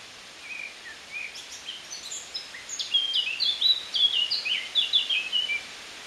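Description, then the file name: Eurasian blackcap song: a few quiet, spaced notes, then a rich warbling phrase that swells into loud, fluty whistles before stopping. "Sylvia atricapilla"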